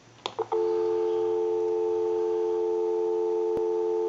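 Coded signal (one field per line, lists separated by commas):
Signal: telephone call progress tone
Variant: North America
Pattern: dial tone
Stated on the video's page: Animated Mickey Mouse telephone undergoing initial checkout and repair.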